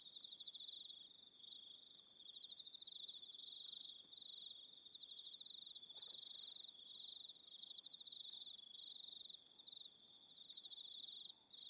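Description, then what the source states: Crickets give fast, high pulsed chirps in near-continuous runs. Soundscape of crickets.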